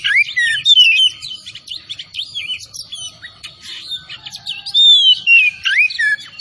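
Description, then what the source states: Oriental magpie-robin pours out dense, varied whistling and chattering notes, with a clear downslurred whistle near the end. Kacer Tretes bird, singing vigorously (gacor).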